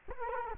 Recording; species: mosquito wingbeat signal from an infrared sensor; Culex quinquefasciatus